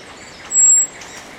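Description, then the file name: Common blackbird thin, very high drawn-out whistle lasting about a third of a second, level in pitch, over a faint hiss of background birds. "Turdus merula"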